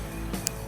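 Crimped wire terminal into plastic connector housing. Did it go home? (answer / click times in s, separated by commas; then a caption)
yes / 0.5 s. A keyed crimped wire terminal on the 38-year-old wiring harness of a Toyota FJ45 is pushed into its plastic waterproof connector housing until a small tab locks it. A single sharp click is heard at 0.5 seconds over background music. The terminal is seated and does not come out when tugged.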